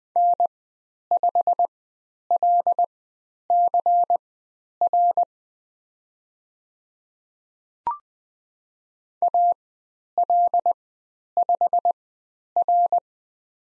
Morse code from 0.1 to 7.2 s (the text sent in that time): N5LCR